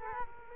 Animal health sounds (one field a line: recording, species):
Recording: mosquito wingbeat signal from an infrared sensor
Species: Culex quinquefasciatus